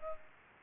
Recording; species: mosquito wingbeat signal from an infrared sensor; Culex pipiens